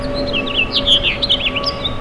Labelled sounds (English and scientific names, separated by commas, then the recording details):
House Finch (Haemorhous mexicanus) song
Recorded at Babylon on Long Island, New York, on 18 May 2013
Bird G